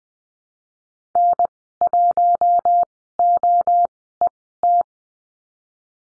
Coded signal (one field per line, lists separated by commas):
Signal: Morse code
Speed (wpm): 20 wpm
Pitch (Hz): 700 Hz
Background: none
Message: N 1 O E T